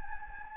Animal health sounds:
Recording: mosquito wingbeat signal from an infrared sensor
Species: Anopheles gambiae

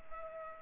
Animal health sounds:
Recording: mosquito wingbeat signal from an infrared sensor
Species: Culex pipiens

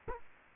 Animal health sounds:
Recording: mosquito wingbeat signal from an infrared sensor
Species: Culex quinquefasciatus

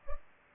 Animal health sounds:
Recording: mosquito wingbeat signal from an infrared sensor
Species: Culex pipiens

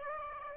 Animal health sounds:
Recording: mosquito wingbeat signal from an infrared sensor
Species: Aedes aegypti

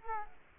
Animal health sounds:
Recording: mosquito wingbeat signal from an infrared sensor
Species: Culex quinquefasciatus

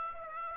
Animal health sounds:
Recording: mosquito wingbeat signal from an infrared sensor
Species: Aedes aegypti

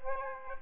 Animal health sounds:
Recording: mosquito wingbeat signal from an infrared sensor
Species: Aedes aegypti

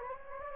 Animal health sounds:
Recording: mosquito wingbeat signal from an infrared sensor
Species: Anopheles gambiae

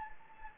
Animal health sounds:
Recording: mosquito wingbeat signal from an infrared sensor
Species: Anopheles gambiae

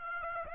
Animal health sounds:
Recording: mosquito wingbeat signal from an infrared sensor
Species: Aedes aegypti

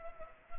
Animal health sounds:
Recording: mosquito wingbeat signal from an infrared sensor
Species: Culex pipiens

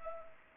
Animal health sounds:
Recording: mosquito wingbeat signal from an infrared sensor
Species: Anopheles gambiae

